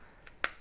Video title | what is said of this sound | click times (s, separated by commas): Cyclist Guide to swapping Bolle Bolt 2.0 Lens - feat Volt+ Lens | and you can see it you hear a little click and then pull up and away from the temple | 0.4 s